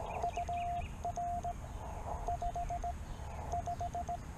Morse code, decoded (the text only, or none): UR 55